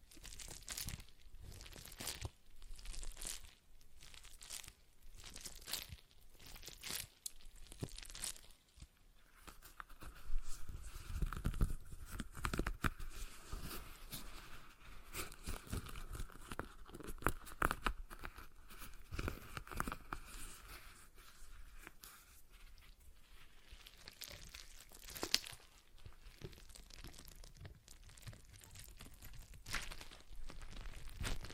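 A stress ball is squeezed and worked, giving soft crinkling, crunching and tearing-like sounds in quick, irregular bursts. Early squeezes come in fairly regular pulses; from about nine seconds a faint steady tone runs beneath denser, busier handling until roughly twenty-three seconds.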